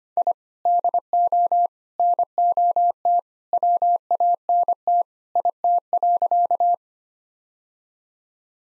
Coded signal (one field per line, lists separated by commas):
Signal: Morse code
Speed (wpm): 25 wpm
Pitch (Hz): 700 Hz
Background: none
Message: I DO NOT WANT IT.